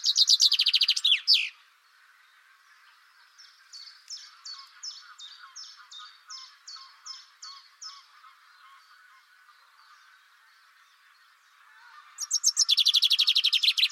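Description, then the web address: Bird sounds: a loud, rapid trill at the start, then a series of softer, evenly spaced high chirps, then a quiet pause before another loud, fast trill. "cianscape birddata Deverinetal 2025 Bird Only Fr Co"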